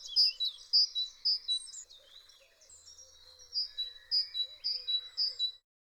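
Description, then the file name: Great tit song: two bursts of sharp, high, repeated notes separated by a quieter stretch of mixed chirping. "koolmees"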